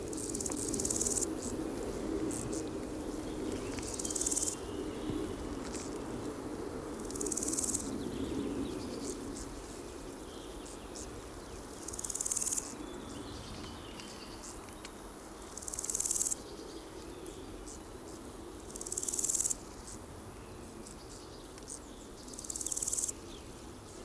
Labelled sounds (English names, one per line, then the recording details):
Large Gold Grasshopper stridulation
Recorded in the wild
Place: Mühlenbecker Wald, Brandenburg, DE
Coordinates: 52.69, 13.37
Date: 1992-06-27 12:48
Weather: sonnig, 22-26°C
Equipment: Marantz CP 430, Sennheiser ME 80, Kopie Tesla B 116
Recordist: Tembrock, Günter